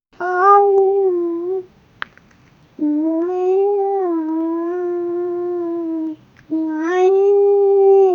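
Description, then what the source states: Cat gives three meowing wails with brief gaps between them and a faint click in the first pause. Generated sound.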